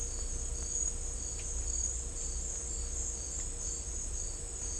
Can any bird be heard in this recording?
no